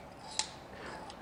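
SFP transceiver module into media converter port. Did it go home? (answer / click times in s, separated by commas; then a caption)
yes / 0.4 s. An SFP (small form-factor pluggable) transceiver with a fiber optic cable attached is pushed into the port of a metal-cased waterproof PoE media converter. A single short, sharp click sounds at 0.4 s over a low background. The module seats in the port.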